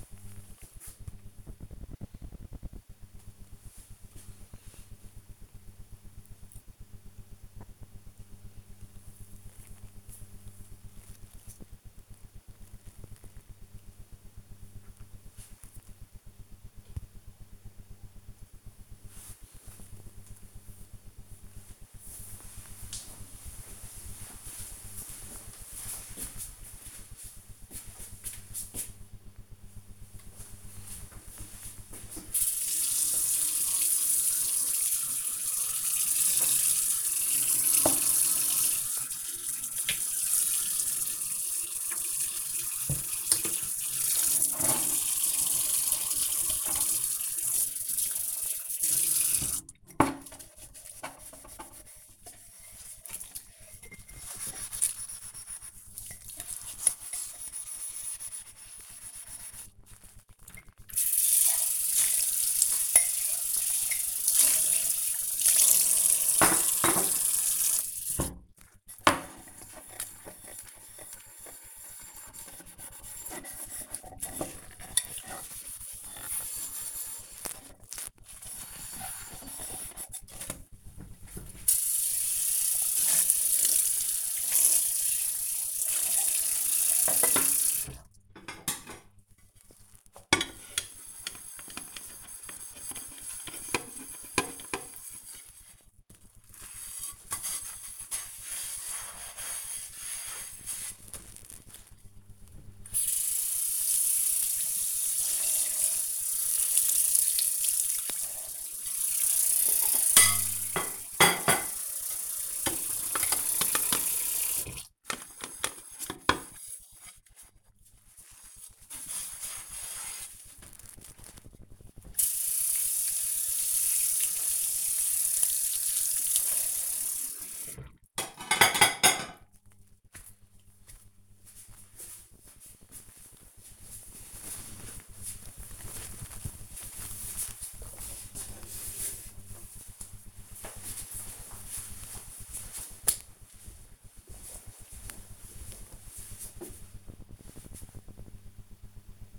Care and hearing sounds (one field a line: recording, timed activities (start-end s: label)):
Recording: household activities, microphone on the right wrist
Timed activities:
28.89-126.61 s: washing dishes